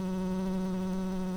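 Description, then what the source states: Tree bumblebee buzzing in a steady, unbroken low hum with strong overtones, holding level pitch throughout with no other sounds. Worker bumblebees.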